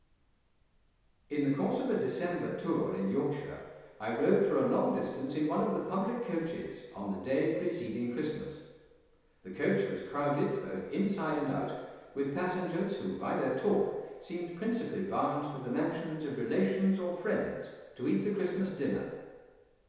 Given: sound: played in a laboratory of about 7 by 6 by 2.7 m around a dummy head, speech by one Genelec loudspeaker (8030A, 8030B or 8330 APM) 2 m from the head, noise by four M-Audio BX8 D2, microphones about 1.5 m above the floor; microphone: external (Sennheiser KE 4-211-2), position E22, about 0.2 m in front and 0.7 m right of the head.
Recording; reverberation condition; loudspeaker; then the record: male speech in English; high; 60 degrees to the left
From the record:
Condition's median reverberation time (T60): about 1300 ms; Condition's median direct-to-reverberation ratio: about -4.0 dB